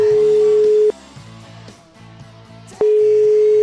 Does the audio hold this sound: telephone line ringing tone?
yes